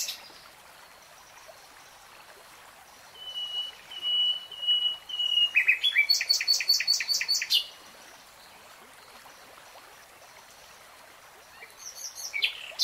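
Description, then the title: Nightingale song: soft, drawn-out whistled notes, then a loud burst of fast repeated notes lasting about two seconds, with quiet stretches around it. Nightingale singing in real time. "[Tiếng chim hót] 3 Hours REALTIME Nightingale Singing"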